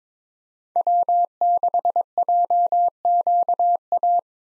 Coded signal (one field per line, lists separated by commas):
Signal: Morse code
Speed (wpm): 22 wpm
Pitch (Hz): 700 Hz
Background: none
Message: W6JQA